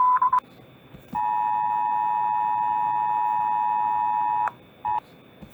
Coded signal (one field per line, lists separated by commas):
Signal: Emergency Alert System (SAME) tones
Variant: 853 and 960 Hz attention tone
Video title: Countryballs react at their EAS alarms